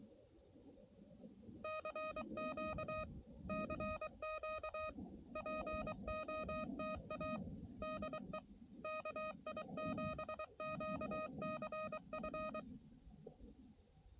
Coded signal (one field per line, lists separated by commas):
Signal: Morse code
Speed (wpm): 23 wpm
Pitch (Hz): 620 Hz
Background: none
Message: CQ CQ POTA DE KI7QCF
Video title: QRP CW POTA US-11197